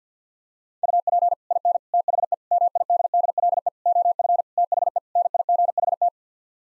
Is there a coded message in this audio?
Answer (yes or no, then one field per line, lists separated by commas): yes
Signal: Morse code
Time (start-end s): 0.8-6.1 s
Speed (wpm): 50 wpm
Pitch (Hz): 700 Hz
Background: none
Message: UP IN THE MIDDLE OF THE NIGHT